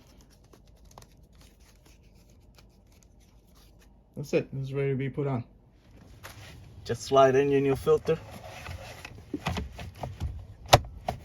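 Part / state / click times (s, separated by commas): cabin air filter cover into HVAC housing / seated / 10.7 s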